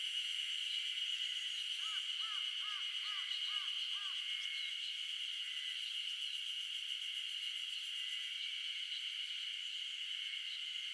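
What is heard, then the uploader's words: Insects buzz in a steady, dense high drone throughout, with a short series of six or so chirping calls between two and four seconds. The sound of the insects buzzing and humming away on a early summer morning in the mountains of Shizuoka Japan.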